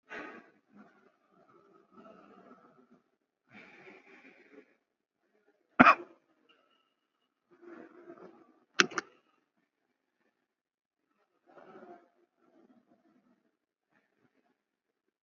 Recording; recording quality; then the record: deep breathing; excellent, no background noise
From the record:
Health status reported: COVID-19 positive, moderate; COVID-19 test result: positive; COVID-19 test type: RT-PCR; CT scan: taken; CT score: 13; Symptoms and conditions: cough, cold, breathing difficulty, fever, fatigue, muscle pain, another respiratory illness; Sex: male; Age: 51 years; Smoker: no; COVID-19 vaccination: one dose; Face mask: worn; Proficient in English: yes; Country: India